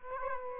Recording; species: mosquito wingbeat signal from an infrared sensor; Aedes aegypti